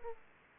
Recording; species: mosquito wingbeat signal from an infrared sensor; Aedes aegypti